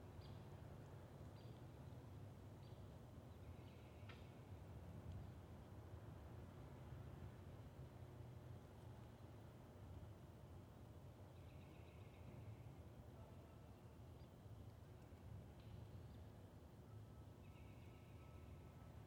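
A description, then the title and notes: A steady low train rumble fills the whole stretch, while brief high peeper calls chirp now and then above it, especially near the end. Recorded in West Kingstown, Rhode Island on Liberty Road near the Great Swamp. Peepers and all the other critters came out.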